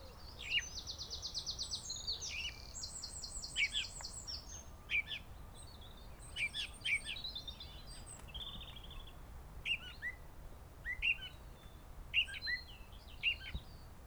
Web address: SETE data Sylvia atricapilla